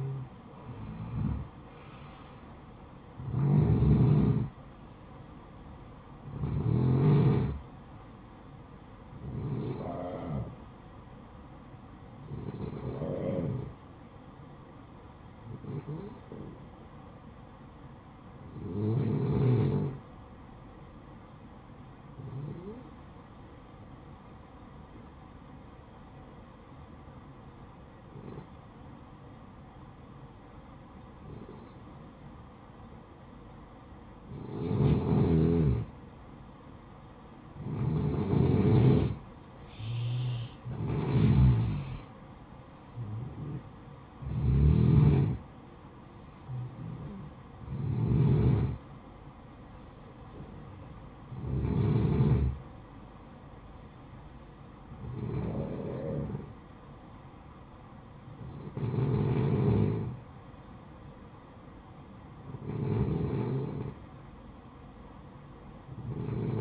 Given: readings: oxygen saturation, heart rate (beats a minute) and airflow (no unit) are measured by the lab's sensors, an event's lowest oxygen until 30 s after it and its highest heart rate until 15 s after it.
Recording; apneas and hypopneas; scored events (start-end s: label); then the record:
breathing in sleep by a smartphone at the bedside; 1
12.00-35.00 s: hypopnea (N1, oxygen 95% highest, then 89% lowest, heart rate 63 at the start, 66 highest)
21.00-66.61 s: new sleep stage, N2 (light sleep)
From the record:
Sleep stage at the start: N1 (lightest sleep); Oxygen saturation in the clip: 88 to 95%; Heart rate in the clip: 52 to 72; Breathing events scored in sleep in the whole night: 573 in 9.8 hours asleep